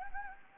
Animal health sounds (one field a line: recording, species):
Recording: mosquito wingbeat signal from an infrared sensor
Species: Anopheles gambiae